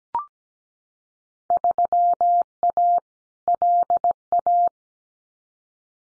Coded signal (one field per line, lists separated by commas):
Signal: Morse code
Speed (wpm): 17 wpm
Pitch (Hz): 700 Hz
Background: none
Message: 3A LA